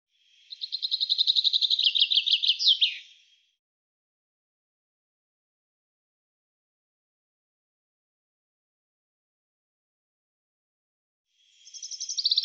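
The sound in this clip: Bird song in rapid, high trilled phrases. A phrase of about three seconds ends with a downward slur, then a long silence before the next phrase begins.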